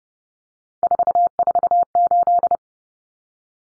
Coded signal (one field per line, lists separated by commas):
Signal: Morse code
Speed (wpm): 30 wpm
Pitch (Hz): 700 Hz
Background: none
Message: 448